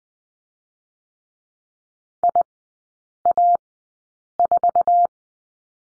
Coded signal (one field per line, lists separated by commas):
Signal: Morse code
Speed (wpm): 20 wpm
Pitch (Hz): 700 Hz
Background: none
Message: IA4